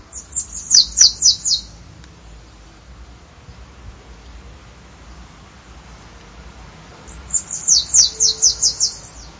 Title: Canto De Cambacica